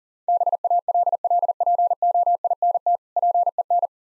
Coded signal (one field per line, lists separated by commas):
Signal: Morse code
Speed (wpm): 41 wpm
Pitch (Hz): 700 Hz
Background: none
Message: BALLPOINT PEN